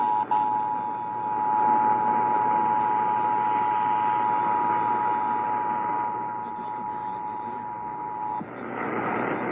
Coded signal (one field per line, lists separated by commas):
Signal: Emergency Alert System (SAME) tones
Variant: 853 and 960 Hz attention tone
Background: speech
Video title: Texas Required Monthly Test for October on KSCS-FM and WOAI-AM (EAS #68-69)